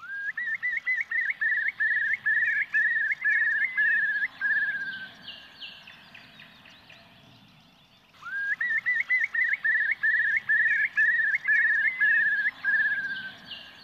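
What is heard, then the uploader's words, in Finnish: A Eurasian curlew gives its bubbling song twice: a fast series of rising, warbling notes that runs for about five seconds, then trails off into a brief gap before starting again at around eight seconds. A soft, low rumble continues underneath throughout. Isokuovi.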